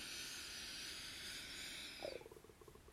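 An adult's stomach rumbling: bowel sounds (borborygmi), a brief burst of gurgles late in the clip over steady high-pitched hiss, heard during a deep belly breath.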